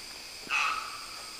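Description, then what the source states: Trumpet manucode giving a single short nasal note, about a quarter second long, over a steady high drone. Recorded in Papua New Guinea.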